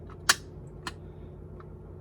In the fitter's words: click means that this is locked so it's locked into place like I said before it doesn't move now some